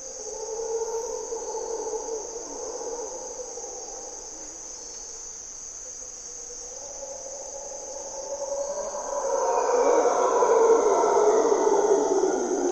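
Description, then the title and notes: Mantled howler monkey roars, softer at first, then swelling into a loud, rough roar near the end, with a continuous insect drone. Mantled howler monkeys waking the jungle at morning twilight in Parque Nacional Corcovado, Osa Peninsula, Costa Rica; grunts and calls. "Mantled Howler Monkeys in Corcovado morning twilight. Monos Congos, or Mantled Howler Monkeys, waking the jungle in Costa Rica's Parque Nacional Corcovado"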